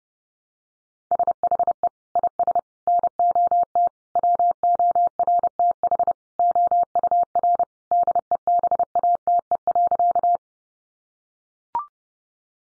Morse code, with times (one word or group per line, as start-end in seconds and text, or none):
1.1-1.9 SHE
2.2-2.6 IS
2.9-3.9 NOT
4.2-6.1 WORTH
6.4-7.6 OUR
7.9-10.4 DEBATE.